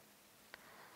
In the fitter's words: Il s'enclenche bien .